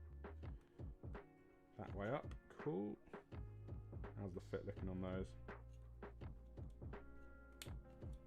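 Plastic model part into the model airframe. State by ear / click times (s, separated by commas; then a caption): seated / 7.6 s. A plastic scale-model part, likely a Spitfire component, is pressed onto the model airframe while background music plays and someone talks. A sharp snap at 7.6 s marks the part seating into place.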